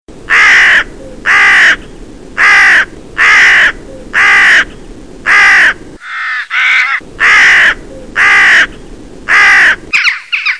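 Crow giving loud, harsh caws, each about half a second long, in a steady series of nine at about one per second, with a brief different call midway and another at the end.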